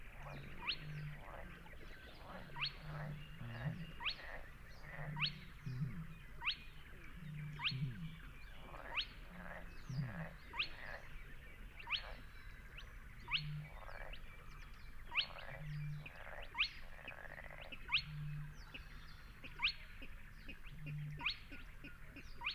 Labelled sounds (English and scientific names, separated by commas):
Spotted Crake (Porzana porzana) song